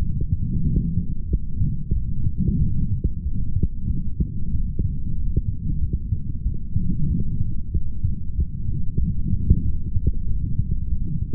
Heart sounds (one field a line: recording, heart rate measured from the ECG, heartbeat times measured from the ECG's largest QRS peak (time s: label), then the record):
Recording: heart sounds by stethoscope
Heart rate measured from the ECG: 94 bpm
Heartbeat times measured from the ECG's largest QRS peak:
0.64 s: heartbeat
1.28 s: heartbeat
1.93 s: heartbeat
2.58 s: heartbeat
3.23 s: heartbeat
3.87 s: heartbeat
4.51 s: heartbeat
5.15 s: heartbeat
5.79 s: heartbeat
6.43 s: heartbeat
7.08 s: heartbeat
7.72 s: heartbeat
8.36 s: heartbeat
8.99 s: heartbeat
9.63 s: heartbeat
10.26 s: heartbeat
10.89 s: heartbeat
From the record:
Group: healthy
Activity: light exercise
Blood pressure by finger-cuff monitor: 148/115 mmHg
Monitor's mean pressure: 127 mmHg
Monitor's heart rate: 93 bpm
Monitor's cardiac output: 3.9 L/min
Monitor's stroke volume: 42 mL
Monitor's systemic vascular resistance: 2400 dyn s/cm5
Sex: male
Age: 55 years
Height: 167 cm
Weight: 57.2 kg